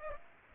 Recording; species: mosquito wingbeat signal from an infrared sensor; Aedes aegypti